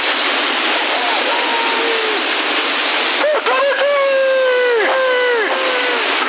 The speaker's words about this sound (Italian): Il gallo con l'eco, non l'avevo ancora sentito, Bene, beh, cosa ti credi che ce l'hai solo tu, quell'eco?